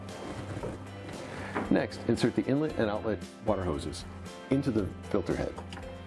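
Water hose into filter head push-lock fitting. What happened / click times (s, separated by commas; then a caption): The hose is being handled but has not clicked into its fitting yet / none. Inlet and outlet plastic water hoses are being handled for insertion into the push-lock quick-connect fitting on the filter head of a PUREPLUS WFS5300A under-sink water filter system. Someone talks while music plays underneath. Nothing has seated or clicked yet.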